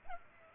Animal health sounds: mosquito wingbeat signal from an infrared sensor; Culex pipiens

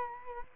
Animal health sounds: mosquito wingbeat signal from an infrared sensor; Culex quinquefasciatus

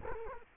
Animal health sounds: mosquito wingbeat signal from an infrared sensor; Culex quinquefasciatus

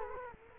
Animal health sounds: mosquito wingbeat signal from an infrared sensor; Culex quinquefasciatus

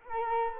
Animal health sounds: mosquito wingbeat signal from an infrared sensor; Culex quinquefasciatus

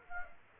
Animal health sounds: mosquito wingbeat signal from an infrared sensor; Aedes aegypti

